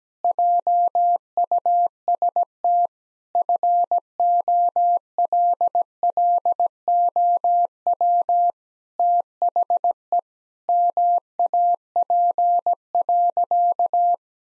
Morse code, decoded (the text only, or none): JUST FOLLOW THE MAP.